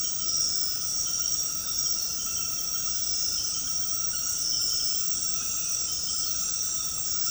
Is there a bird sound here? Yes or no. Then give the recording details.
no. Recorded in secondary vegetation near Puerto Asís, Putumayo, Colombia, on 19 February 2024 at 23:00. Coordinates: 0.468, -76.324. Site G6381